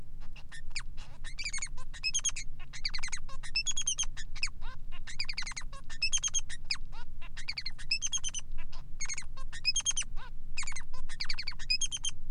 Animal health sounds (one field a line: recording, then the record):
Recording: song of a male Bengalese finch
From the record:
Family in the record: son of father 3